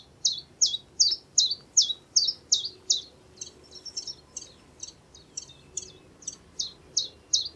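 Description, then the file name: Common chiffchaff singing a steady string of high, sharp notes, about two or three per second, alternating slightly in pitch, over a faint low background hum. "zilpzalp"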